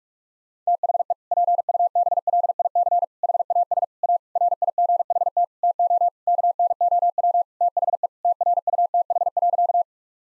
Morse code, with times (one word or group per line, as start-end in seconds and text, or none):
0.7-1.1 THE
1.3-3.0 PUBLIC
3.2-3.8 HAS
4.0-4.2 A
4.4-5.4 RIGHT
5.6-6.1 TO
6.3-7.4 KNOW
7.6-8.1 THE
8.2-9.8 TRUTH.